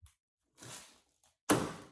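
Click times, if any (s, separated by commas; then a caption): 1.5 s. A plastic belt/reveal molding is pushed back into its mounting on the door of a Honda Civic Type R, being reinstalled after the door was removed for paintless dent repair of a deer dent. A faint tap and a soft, longer scraping rustle are followed by a small tick, then a loud, sharp snap at 1.5 s as the molding seats back into place.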